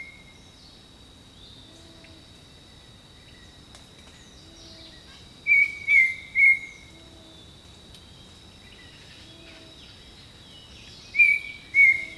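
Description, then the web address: Bird song: two short bursts of a few high whistled, slightly falling notes, separated by several seconds, over a steady high insect hum and faint lower calls. Birdsong in the jungle. "Echoes of Nature - Jungle Talk 01 Jungle Birdsong"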